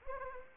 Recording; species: mosquito wingbeat signal from an infrared sensor; Anopheles arabiensis